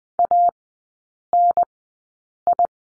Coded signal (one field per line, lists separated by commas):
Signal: Morse code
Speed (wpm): 20 wpm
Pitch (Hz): 700 Hz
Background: none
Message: ANI